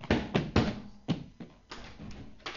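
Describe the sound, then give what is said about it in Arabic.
A door is opened by a servant boy at his master's bidding, with a series of sharp wooden thumps and clicks, irregular and fairly loud, the latch and panel clattering over a couple of seconds with no voices. “افتح الباب يا غلام.”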